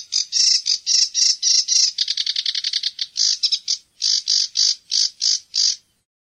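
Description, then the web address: Sedge warbler song: a fast, chattering run of scratchy notes, a rapid rattling trill in the middle, then evenly spaced harsh chirps. "fuglelyder sivsanger"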